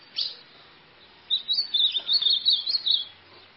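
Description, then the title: White-throated seedeater gives one high chip, then a rapid, twittering song phrase of slurred, warbling notes lasting nearly two seconds. "Canto Do Golinha"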